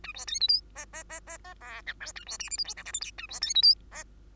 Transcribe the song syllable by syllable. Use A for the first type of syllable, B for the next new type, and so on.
A B C D E F F F F F G H I A B J K L M N O P Q A B C D E F